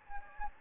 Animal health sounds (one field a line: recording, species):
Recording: mosquito wingbeat signal from an infrared sensor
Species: Anopheles gambiae